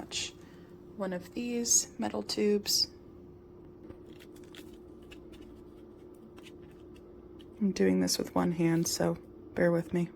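Someone talks while picking up a metal extension tube for a Hoover Commercial PortaPower lightweight canister vacuum and lining it up one-handed with the vacuum hose handle. Between about 4 and 7.5 seconds only quiet handling taps and rustles are heard. Nothing has seated or clicked yet.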